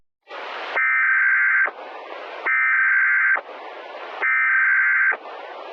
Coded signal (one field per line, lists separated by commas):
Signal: Emergency Alert System (SAME) tones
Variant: header bursts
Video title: EAS Scenario: Martial Law Remastered